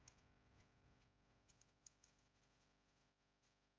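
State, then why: Not seated. A plastic part on a Perfect Grade model kit, a Strike Rouge, is handled and pressed toward its joint, giving a few faint, sharp plastic ticks over a low steady hiss. Nothing has seated or clicked yet; the clip ends just before the part snaps home.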